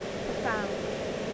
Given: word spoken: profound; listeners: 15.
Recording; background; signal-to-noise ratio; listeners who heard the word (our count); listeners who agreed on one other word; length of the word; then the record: one English word in noise, from a listening test; speech-shaped noise; -4.1 dB; 1 of 15; 11 of 15; 0.93 s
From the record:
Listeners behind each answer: 11, 2, 1, 1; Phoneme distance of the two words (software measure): 21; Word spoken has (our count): 2 syllables, 7 phonemes, stress on syllable 2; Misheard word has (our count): 1 syllable, 4 phonemes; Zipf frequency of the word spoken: 3.90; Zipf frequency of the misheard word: 5.58